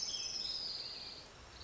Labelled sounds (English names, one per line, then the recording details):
Orange-crowned Warbler
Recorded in Sonoma County, California